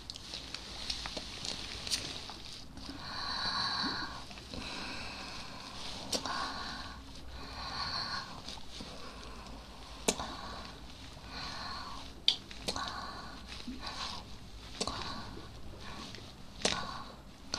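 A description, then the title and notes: Dry mouth and hand noises: breathy hisses, wet clicks and sniffs repeat unevenly, with sharp snaps near two, six, ten and twelve seconds. Hand Sounds & Mouth Sounds.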